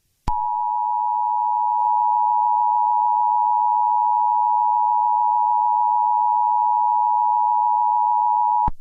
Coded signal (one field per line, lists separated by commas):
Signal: Emergency Alert System (SAME) tones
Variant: 853 and 960 Hz attention tone